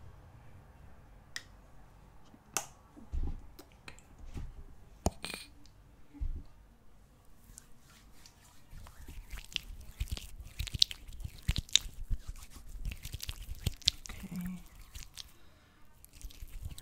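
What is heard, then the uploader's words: ASMR scalp and face massage: soft rubbing with scattered sharp clicks and crackles, sparse at first, growing denser and busier after about eight seconds. Fall Asleep ASMR Scalp & Face Massage.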